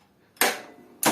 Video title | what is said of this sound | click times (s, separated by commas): Bench thicknesser Metabo DS 330. User review of wood planer Power tool for woodworking DIY projects | you see click again. | 0.4 s, 1.0 s